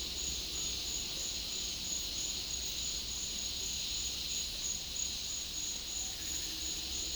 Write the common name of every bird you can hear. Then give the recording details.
none. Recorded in dense forest near Puerto Asís, Putumayo, Colombia, on 18 February 2024 at 09:00. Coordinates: 0.502, -76.324. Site G6370